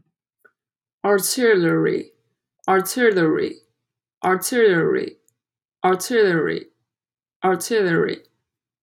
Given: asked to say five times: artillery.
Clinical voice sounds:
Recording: repeated word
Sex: female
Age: 20 to 29 years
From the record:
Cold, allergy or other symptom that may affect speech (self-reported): no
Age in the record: 25 years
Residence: Texas, United States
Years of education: 16

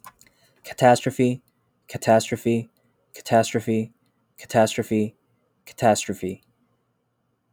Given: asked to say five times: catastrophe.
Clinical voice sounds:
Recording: repeated word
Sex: male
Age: 20 to 29 years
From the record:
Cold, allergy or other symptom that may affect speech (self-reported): no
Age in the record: 26 years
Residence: Pennsylvania, United States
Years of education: 16

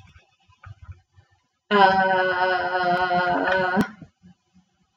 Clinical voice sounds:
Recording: vowel held as long as possible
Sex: female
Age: 30 to 39 years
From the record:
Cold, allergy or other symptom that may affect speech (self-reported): no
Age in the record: 32 years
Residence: Ohio, United States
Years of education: 20

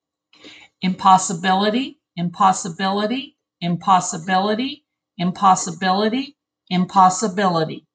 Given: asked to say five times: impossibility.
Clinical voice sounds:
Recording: repeated word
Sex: female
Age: 60 to 69 years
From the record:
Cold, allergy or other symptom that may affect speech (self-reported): no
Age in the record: 61 years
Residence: United States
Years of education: 18

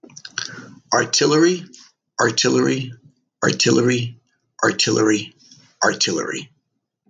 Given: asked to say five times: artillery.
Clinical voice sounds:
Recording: repeated word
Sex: male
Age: 60 to 69 years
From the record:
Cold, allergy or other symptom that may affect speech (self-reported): no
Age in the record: 63 years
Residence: California, United States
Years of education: 18

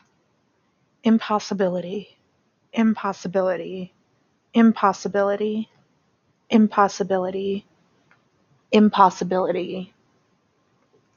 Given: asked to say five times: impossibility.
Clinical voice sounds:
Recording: repeated word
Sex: female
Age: 30 to 39 years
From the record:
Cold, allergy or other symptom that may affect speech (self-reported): no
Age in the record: 38 years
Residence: Nevada, United States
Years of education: 12

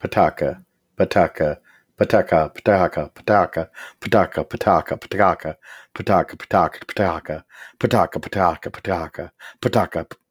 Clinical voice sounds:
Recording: repeated syllables /pa ta ka/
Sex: male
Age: 40 to 49 years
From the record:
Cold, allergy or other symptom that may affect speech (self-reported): no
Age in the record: 43 years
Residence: Nebraska, United States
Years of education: 13

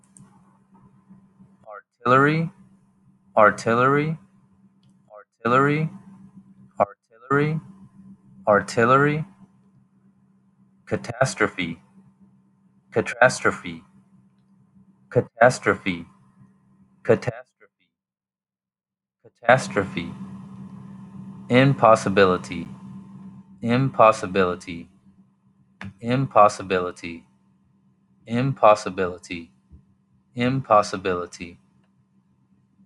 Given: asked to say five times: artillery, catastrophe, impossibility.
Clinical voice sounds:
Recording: three words, each repeated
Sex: male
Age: 30 to 39 years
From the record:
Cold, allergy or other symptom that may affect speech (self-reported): no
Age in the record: 37 years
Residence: Texas, United States

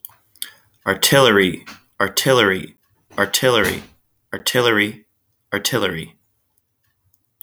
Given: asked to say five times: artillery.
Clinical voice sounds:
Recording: repeated word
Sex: male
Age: 30 to 39 years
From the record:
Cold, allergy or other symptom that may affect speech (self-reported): no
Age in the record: 32 years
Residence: Oregon, United States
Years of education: 16

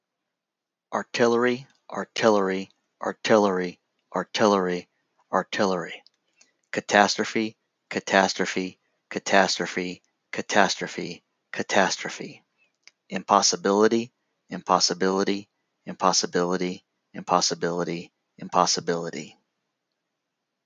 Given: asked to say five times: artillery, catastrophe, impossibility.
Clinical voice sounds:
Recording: three words, each repeated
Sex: male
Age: 50 to 59 years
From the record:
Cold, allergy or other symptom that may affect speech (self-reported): no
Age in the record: 57 years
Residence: Florida, United States

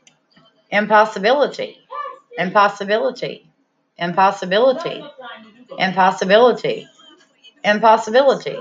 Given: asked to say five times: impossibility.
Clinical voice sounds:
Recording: repeated word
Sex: female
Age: 30 to 39 years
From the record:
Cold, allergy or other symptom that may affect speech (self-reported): no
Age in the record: 38 years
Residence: Texas, United States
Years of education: 15

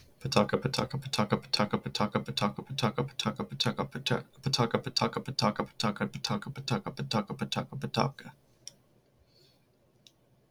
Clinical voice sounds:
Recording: repeated syllables /pa ta ka/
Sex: male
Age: 20 to 29 years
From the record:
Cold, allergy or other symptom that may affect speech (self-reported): no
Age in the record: 24 years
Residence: Arkansas, United States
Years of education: 16

